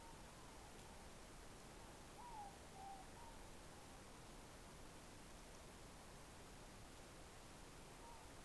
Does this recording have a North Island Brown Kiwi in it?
no